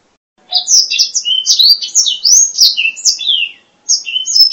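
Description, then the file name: Black-throated laughingthrush song: quick run of high whistled and chirping notes, some sliding up and down, a short pause near the end before the phrases resume. "suara kicauan burung blacksang. omkicau"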